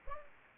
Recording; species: mosquito wingbeat signal from an infrared sensor; Aedes aegypti